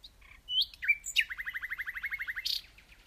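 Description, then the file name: Common nightingale phrase: a few short rising notes, then a rapid, even trill, closed by a harsh burst. "Luscinia megarhynchos"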